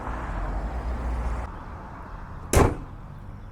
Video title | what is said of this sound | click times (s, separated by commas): Changing Engine Air Filter on Honda Fit 3rd Generation | and be sure that this is snapped back in place properly | 2.5 s